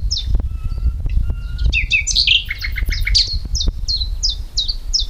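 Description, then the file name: Common nightingale with long soft whistles, a tumbling cluster of loud varied notes, then sharp chips repeated at even intervals, against a constant low rumble. "Luscinia megarhynchos"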